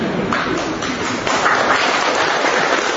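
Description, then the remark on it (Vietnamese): A crowd of guests at a Catholic gathering at the Tin Mừng mission station claps to greet the hosts, a steady, dense patter of many hands, holding at a fairly loud level for a few seconds with no voices standing out. “Giờ không nghĩa lại nói mời người khách vỗ tay chào người chủ nhà.”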